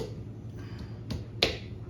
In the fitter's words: You just want to make sure that's seated all the way. You'll actually hear it click. I don't know if you guys heard that, but that's just this bottoming out, and